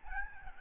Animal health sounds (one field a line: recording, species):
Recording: mosquito wingbeat signal from an infrared sensor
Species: Aedes albopictus